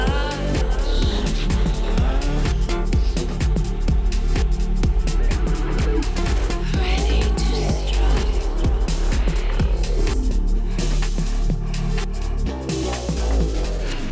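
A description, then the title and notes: Street sounds from a Day of the Dead event in Tucson, Arizona: a dense, steady wash of music and crowd noise with a strong low rumble throughout. Quick repeated beats punch through constantly, and brighter tones and voices rise and fall over the fourteen seconds. Day of the Dead, Tucson Arizona.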